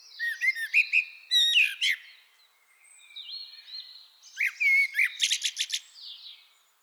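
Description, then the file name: Common blackbird singing: short fluted warbling phrases, each ending in a high squeaky twitter, with a quiet pause midway before another fluty phrase and rapid chattering notes. "Turdus merula"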